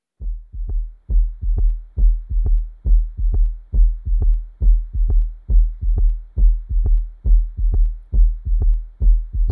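Low heart thumps in uneven paired beats near 68 a minute, still sounding rhythmic to the untrained ear; not the sound of a normal, healthy heart, an abnormal heart rhythm.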